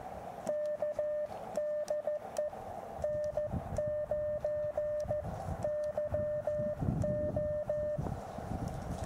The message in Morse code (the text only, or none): K DE N9YO